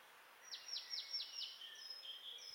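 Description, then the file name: Marsh tit calls: a quick series of five sharp, high notes sliding downward, followed by a few thin, level whistles. "Poecile palustris"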